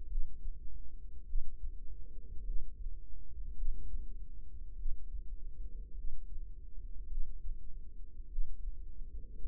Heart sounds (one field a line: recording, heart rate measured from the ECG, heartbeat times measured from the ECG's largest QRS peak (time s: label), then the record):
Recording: heart sounds by microphone in the right ear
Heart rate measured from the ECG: 51 bpm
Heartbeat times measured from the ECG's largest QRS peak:
0.08 s: heartbeat
1.26 s: heartbeat
2.44 s: heartbeat
3.56 s: heartbeat
4.77 s: heartbeat
5.95 s: heartbeat
7.08 s: heartbeat
8.29 s: heartbeat
9.42 s: heartbeat
From the record:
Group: healthy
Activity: rest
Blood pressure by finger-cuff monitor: 103/63 mmHg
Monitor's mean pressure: 77 mmHg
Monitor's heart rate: 51 bpm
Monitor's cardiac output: 4.8 L/min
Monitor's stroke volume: 93 mL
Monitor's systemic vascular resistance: 1140 dyn s/cm5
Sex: female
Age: 28 years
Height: 170 cm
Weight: 77 kg